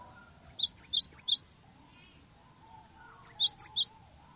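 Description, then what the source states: Cinereous tit song: two runs of sharp, high paired notes separated by a pause, over faint low background noise. Tutoring song (masteran) used to train other birds to sing.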